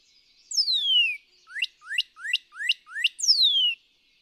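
Northern cardinal song: a loud falling whistle, five upslurred notes about a third of a second apart, and a final falling whistle.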